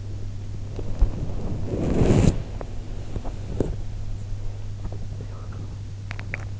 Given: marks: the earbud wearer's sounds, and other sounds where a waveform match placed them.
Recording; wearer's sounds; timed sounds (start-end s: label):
sounds in sleep by an in-ear microphone; body movement, teeth grinding
0.00-4.05 s: body movement
4.81-6.53 s: sound from someone else or the room
5.96-6.53 s: teeth grinding